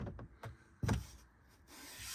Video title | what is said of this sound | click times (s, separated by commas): Fisker Ocean One - Cargo Area Part 2 | and it snaps into place | 0.2 s, 0.4 s, 0.9 s